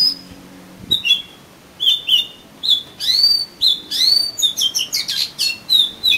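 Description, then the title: Oriental magpie-robin song: sweet whistled and slurred notes, some rising, building into a rapid varied jumble of phrases. "Kacer Kacer"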